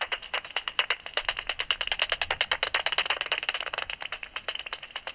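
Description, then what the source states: Bat calls heard as a rapid train of dry, sharp clicks, many per second, steady and rattling throughout. Recorded 27 August 2002.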